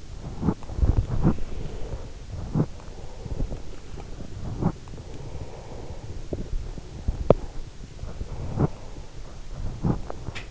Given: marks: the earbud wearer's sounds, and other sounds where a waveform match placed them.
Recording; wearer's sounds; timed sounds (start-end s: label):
sounds in sleep by an in-ear microphone; body movement, breath
0.00-9.80 s: body movement
1.25-3.83 s: breath
5.08-7.71 s: breath
8.06-10.51 s: breath
10.20-10.51 s: sound from someone else or the room